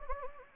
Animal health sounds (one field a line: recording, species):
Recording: mosquito wingbeat signal from an infrared sensor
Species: Anopheles gambiae